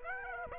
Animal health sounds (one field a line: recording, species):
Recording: mosquito wingbeat signal from an infrared sensor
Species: Aedes aegypti